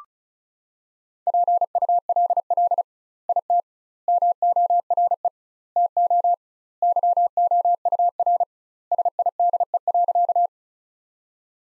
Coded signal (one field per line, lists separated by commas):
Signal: Morse code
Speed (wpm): 34 wpm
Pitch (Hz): 700 Hz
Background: none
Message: PULL IT MORE TO YOUR SIDE.